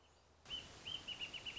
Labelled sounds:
Wrentit
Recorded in Sonoma County, California

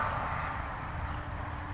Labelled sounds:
California Towhee
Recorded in Sonoma County, California

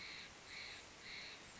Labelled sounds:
Steller's Jay
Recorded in Sonoma County, California

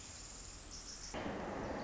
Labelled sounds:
Pacific Wren
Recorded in Sonoma County, California

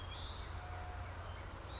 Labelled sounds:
Western Flycatcher
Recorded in Sonoma County, California

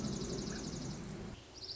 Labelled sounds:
Dark-eyed Junco
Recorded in Sonoma County, California

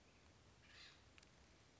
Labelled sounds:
Acorn Woodpecker
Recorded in Sonoma County, California

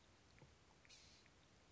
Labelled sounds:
Blue-gray Gnatcatcher
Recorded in Sonoma County, California

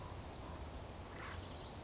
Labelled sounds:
Acorn Woodpecker
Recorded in Sonoma County, California

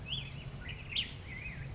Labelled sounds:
Black-headed Grosbeak
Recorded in Sonoma County, California

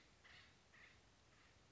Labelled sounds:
Acorn Woodpecker
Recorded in Sonoma County, California

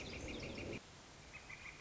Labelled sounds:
Northern Flicker
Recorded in Sonoma County, California

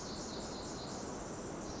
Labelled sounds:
Pacific Wren
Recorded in Sonoma County, California

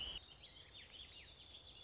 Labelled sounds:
Warbling Vireo
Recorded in Sonoma County, California

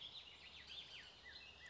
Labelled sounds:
Bullock's Oriole
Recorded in Sonoma County, California

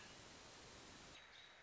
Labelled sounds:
American Robin
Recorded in Sonoma County, California

